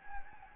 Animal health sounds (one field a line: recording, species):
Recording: mosquito wingbeat signal from an infrared sensor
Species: Anopheles gambiae